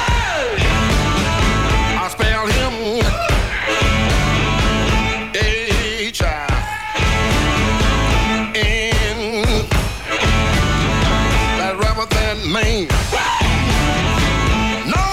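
A singer screams and wails in high, wavering cries over a loud, driving blues-rock band in a live recording, with the full mix of guitar, bass and drums pounding steadily underneath for the whole stretch.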